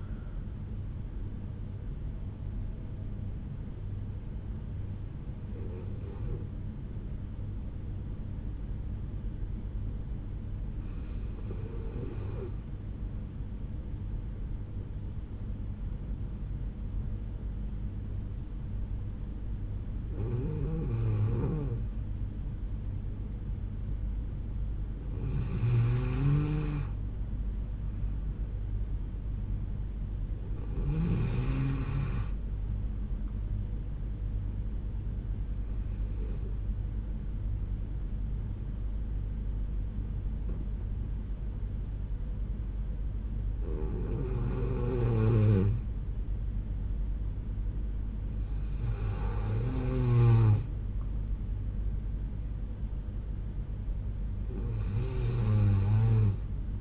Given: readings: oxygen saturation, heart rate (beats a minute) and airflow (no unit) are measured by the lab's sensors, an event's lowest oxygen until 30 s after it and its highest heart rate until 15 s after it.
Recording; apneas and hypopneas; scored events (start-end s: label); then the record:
breathing in sleep by a smartphone at the bedside; 2
5.00-28.00 s: hypopnea (N1, oxygen 96% highest, then 91% lowest, heart rate 63 at the start, 73 highest)
21.00-56.81 s: new sleep stage, N2 (light sleep)
36.00-51.40 s: hypopnea (N2, oxygen 94% highest, then 90% lowest, heart rate 71 at the start, 72 highest)
From the record:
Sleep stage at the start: N1 (lightest sleep); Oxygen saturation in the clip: 89 to 96%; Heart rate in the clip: 63 to 73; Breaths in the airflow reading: 10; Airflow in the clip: -7.1 to 5.7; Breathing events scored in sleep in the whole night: 368 in 8.0 hours asleep